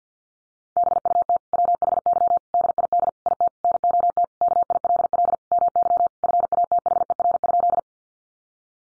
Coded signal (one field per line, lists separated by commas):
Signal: Morse code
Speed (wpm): 50 wpm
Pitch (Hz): 700 Hz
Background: none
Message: BUT WHY DID IT NOT KILL MY FATHER?